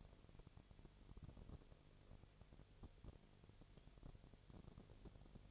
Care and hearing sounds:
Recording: daily activity, microphone in the room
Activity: no activity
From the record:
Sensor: 4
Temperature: 22.4 degrees Celsius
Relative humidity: 31.2%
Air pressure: 1004.1 hPa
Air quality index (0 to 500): 85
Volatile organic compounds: 1 ppm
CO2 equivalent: 767 ppm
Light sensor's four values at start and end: 2/3/1/1 and 2/3/1/1

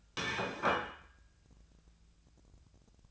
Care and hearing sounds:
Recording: daily activity, microphone in the room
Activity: place plate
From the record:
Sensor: 2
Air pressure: 1009.2 hPa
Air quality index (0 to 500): 186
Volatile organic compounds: 11 ppm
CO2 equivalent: 2312 ppm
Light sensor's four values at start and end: 22/54/23/25 and 23/55/24/26

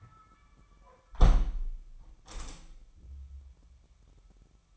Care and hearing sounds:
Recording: daily activity, microphone in the room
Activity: close window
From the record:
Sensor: 1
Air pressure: 998.1 hPa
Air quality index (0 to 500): 137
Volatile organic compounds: 4 ppm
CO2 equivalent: 1636 ppm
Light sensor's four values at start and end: 16/55/22/22 and 16/55/22/22

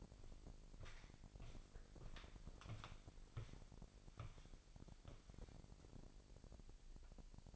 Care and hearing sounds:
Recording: daily activity, microphone in the room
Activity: walk to room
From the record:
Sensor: 5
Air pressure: 1002.0 hPa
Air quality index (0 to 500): 249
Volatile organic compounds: 8 ppm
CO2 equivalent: 2077 ppm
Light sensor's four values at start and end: 26/62/25/27 and 26/60/25/26

